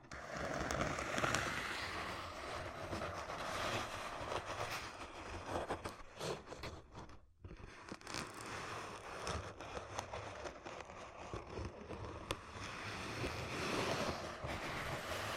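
Ear cupping triggers make a dense, rumbling, muffled rush with scattered sharp pops, briefly dropping almost silent around seven seconds before resuming.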